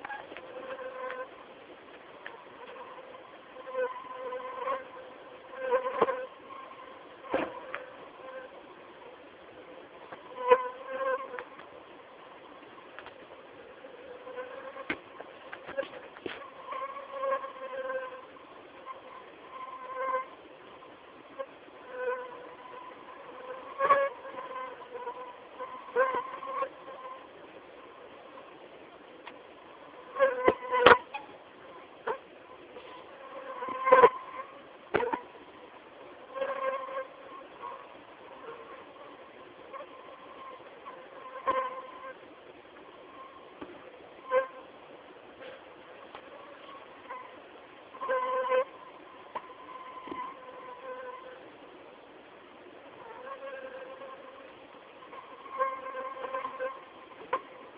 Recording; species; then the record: mosquito flight sound by mobile phone; Anopheles merus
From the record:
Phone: not stated